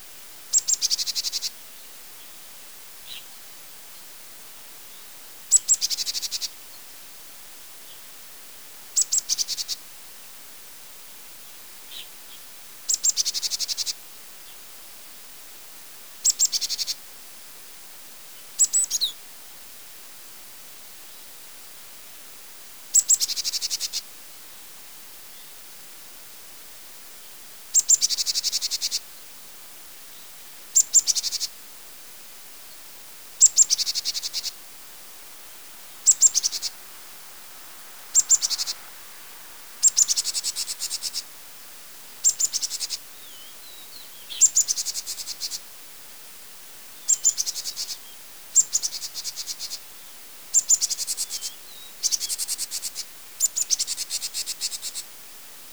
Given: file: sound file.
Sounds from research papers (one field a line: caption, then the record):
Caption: Alarm calls of Hainan-tits in response to chipmunks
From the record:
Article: Geographic Variation in Note Types of Alarm Calls in Japanese Tits (Parus minor)